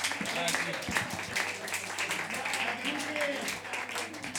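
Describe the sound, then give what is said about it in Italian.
An audience applauding steadily for a speaker being introduced: a dense, crackling wash of many hands clapping at an even loudness throughout, with a faint low hum and some murmured voices underneath. “Un applauso”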